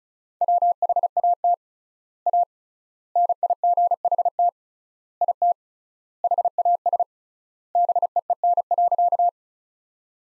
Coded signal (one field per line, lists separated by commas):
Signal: Morse code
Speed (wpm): 36 wpm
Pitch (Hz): 700 Hz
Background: none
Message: WHAT A NIGHT IT HAS BEEN.